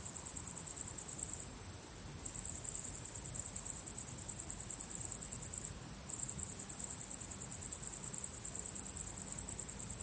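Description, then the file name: High cricket chirping in a continuous chorus, briefly thinning twice before resuming its steady rapid pulse, over a faint low drone. Recorded at sunset. "syrsor solnedgang"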